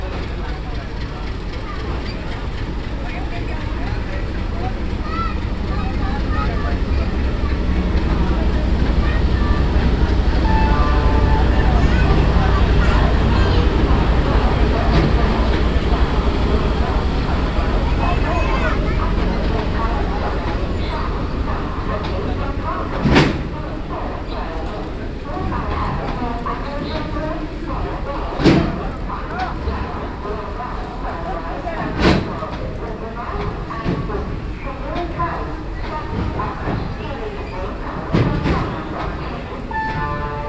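Madgaon Railway Station: a dense, steady wash of crowd chatter fills the platform, with a deep engine-like rumble swelling around ten to fifteen seconds and then easing. Sharp clacks or bangs ring out near 23, 28 and 32 seconds.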